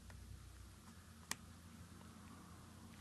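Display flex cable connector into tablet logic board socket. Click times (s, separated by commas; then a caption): 1.3 s. A display flex-cable connector is pressed into its logic board socket inside an opened iPad Air during a screen replacement, reconnected to test it. After a faint tick around 0.1 s over a quiet low hum, a single sharp, loud click at 1.3 s marks the connector seating. The connection is confirmed.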